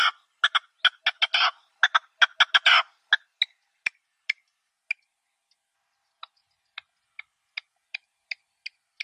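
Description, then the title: Partridge calling: a dense burst of harsh, grating clucks for about three seconds, then sharp single notes spaced out, with a pause before a regular final series. "Perdiz Cantando"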